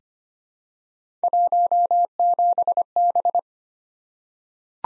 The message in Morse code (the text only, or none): 17B